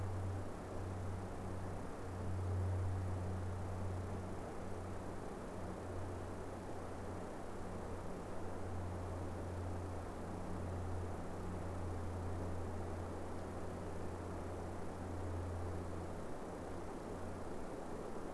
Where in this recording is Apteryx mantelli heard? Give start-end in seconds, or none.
none